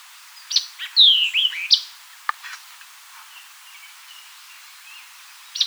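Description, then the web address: White-eyed vireo gives one crisp phrase of clipped notes and a bright descending slurred whistle, followed by quiet scattered faint bird notes. Recorded 4 January 2007. "White-eyed Vireo 2007 01 04"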